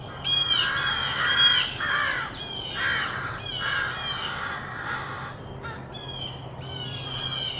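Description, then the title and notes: Crows cawing in harsh, raucous bursts, several overlapping calls with pauses between, over a steady low traffic hum. Rowdy crows cawing loudly in treetops of an urban park just after sunrise, with morning traffic audible. "Field Recording: The Wild and Raucous Sounds of Crows Cawing in the Treetops. a field recording of rowdy crows loudly cawing in the treetops amidst the sounds of other birds -- and since this was recorded in an urban park -- also you may hear the sounds of morning traffic"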